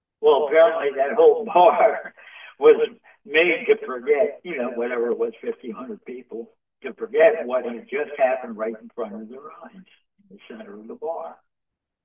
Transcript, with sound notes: Well, apparently, that whole bar (laughs) was made to forget, you know, whatever it was, 1500 people, to forget what had just happened right in front of their eyes in the center of the bar,